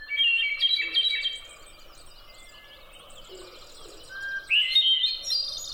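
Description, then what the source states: Songbird song: high, bright warbled phrases at the start, a quieter middle with faint thin notes, then another rising burst of rapid twittering. Songs of songbirds mark time of day and season and tell other birds who is around, signalling territory and seeking a mate.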